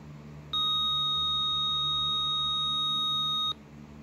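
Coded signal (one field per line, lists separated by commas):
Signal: beep code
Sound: one steady high-pitched beep lasting about three seconds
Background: faint background hum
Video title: RadioShack 12-261 Signal Loss Beep Demo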